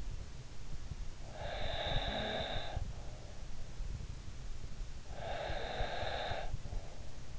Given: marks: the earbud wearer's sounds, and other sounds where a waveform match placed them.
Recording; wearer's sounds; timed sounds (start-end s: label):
sounds in sleep by an in-ear microphone; snoring breath, breath
0.96-3.47 s: snoring breath
4.53-7.39 s: breath